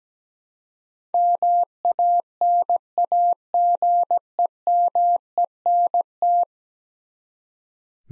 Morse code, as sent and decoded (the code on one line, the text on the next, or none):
-- .- -. .- --. . -- . -. -
MANAGEMENT